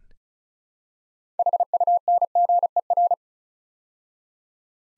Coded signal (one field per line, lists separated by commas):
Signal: Morse code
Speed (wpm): 36 wpm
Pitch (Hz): 700 Hz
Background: none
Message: HUNGER